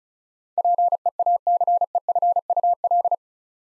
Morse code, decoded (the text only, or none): PEACEFUL